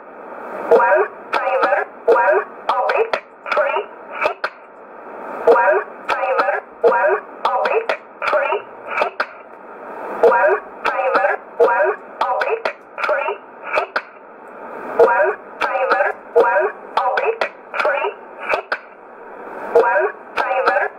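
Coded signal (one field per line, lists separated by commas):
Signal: numbers station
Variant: E11 Oblique, English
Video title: 14 04 2020 E11 Oblique Numbers station in English 0846 on 12202 unknown tx site in USB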